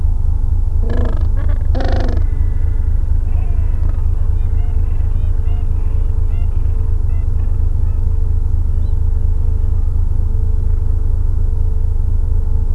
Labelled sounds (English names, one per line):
Gentoo Penguin